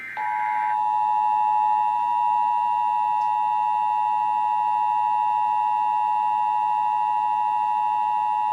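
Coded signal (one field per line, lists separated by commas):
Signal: Emergency Alert System (SAME) tones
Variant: 853 and 960 Hz attention tone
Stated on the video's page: National Periodic Test relayed on AM/FM radio and TV.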